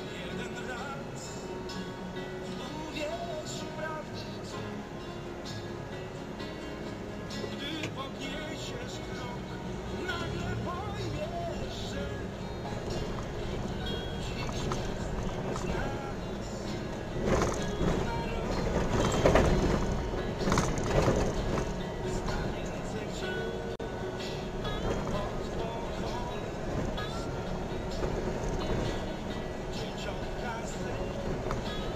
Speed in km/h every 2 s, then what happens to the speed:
0, 0, 0, 1, 10, 19, 26, 30, 33, 34, 36, 38, 37, 36, 35, 34.
0-6 standing. 6-22 pulls away to 38. 22-32 steady at about 36.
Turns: none.